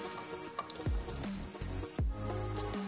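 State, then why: Not seated. The tension knob of a wheel-on bike trainer's resistance unit is turned against the bike's underinflated rear tyre, which gets crushed. Brief knocks sound around 0.6 s and 0.7 s, a short scrape near 1.2 s and a low thump at 2.0 s over a steady tonal background. Nothing has clicked, and the knob never reaches its torque click because the tyre is too soft.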